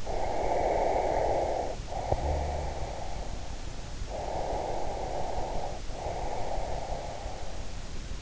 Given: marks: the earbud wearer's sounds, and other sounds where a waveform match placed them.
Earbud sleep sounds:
sounds in sleep by an in-ear microphone; breath
0.00-3.55 s: breath
4.03-7.72 s: breath

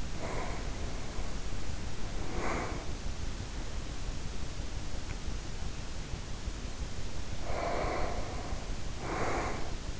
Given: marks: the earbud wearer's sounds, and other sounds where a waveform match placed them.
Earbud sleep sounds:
sounds in sleep by an in-ear microphone; breath
0.00-3.12 s: breath
7.31-9.94 s: breath

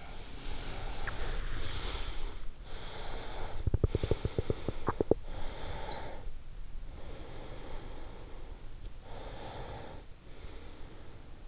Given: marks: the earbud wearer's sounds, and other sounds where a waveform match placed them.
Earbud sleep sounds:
sounds in sleep by an in-ear microphone; breath, teeth grinding, swallowing
0.00-2.38 s: breath
2.48-8.59 s: breath
3.54-5.33 s: teeth grinding
4.73-5.01 s: swallowing
9.09-11.48 s: breath

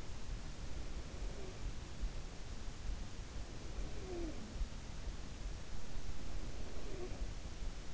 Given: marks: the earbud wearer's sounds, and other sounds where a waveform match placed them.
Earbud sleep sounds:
sounds in sleep by an in-ear microphone; breath, talking in sleep
0.84-2.32 s: breath
1.11-1.83 s: talking in sleep
3.31-5.09 s: breath
3.88-4.55 s: talking in sleep
6.24-7.83 s: breath
6.73-7.13 s: talking in sleep

